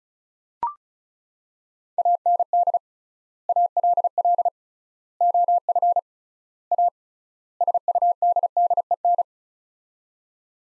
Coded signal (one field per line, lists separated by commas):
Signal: Morse code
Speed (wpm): 36 wpm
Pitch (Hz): 700 Hz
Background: none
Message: AND ALL OF A SUDDEN